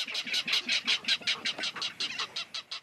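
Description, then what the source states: Ridgway's rail clattering call: a rapid run of many harsh, dry notes, growing slightly weaker toward the end. Endangered salt marsh bird of San Francisco Bay; habitat restoration and predator control aid its survival.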